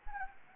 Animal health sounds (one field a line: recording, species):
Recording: mosquito wingbeat signal from an infrared sensor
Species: Anopheles gambiae